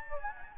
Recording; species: mosquito wingbeat signal from an infrared sensor; Anopheles gambiae